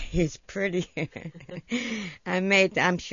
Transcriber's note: she laughs